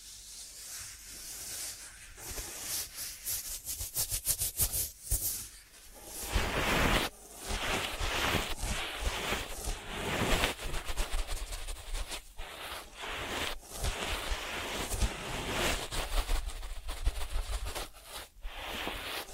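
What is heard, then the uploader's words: ASMR ear treatment sounds: dense crackling and brushing strokes, with rapid clicking bursts early on and a near-constant bright hiss. ASMR 3D Brain Penetrating Ear Treatment.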